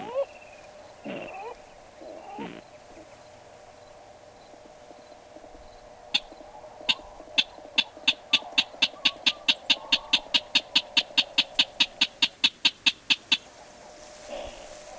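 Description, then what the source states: Lewin's rail giving a long series of sharp, clicking notes that speed up and grow more regular before stopping; steady background hum throughout. Recorded in September 2008.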